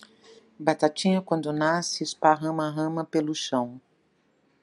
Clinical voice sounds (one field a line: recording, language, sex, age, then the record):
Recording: short text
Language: Brazilian Portuguese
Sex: female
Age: 60 to 69 years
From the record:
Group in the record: control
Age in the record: 61 years